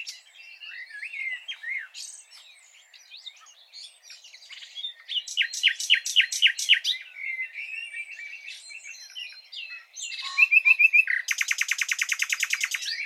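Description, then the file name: Common nightingale song: varied slurred whistles, a run of repeated sharp notes, more warbling, then a fast loud trill of repeated notes. "Luscinia megarhynchos"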